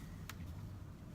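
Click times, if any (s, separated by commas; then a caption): none. A plastic retaining clip is being put back onto a SEBO Felix vacuum body to hold the decorative post-filter cover. A steady low hum runs throughout, with one brief, sharp handling tick at 0.3 s. Nothing has seated or clicked into place yet.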